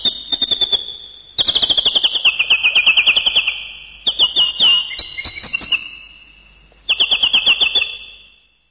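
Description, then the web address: Bird calls in long, rapid strings of downslurred chirps with clicking notes, repeated in several bursts separated by short gaps. "animali uccelli uccelli birds"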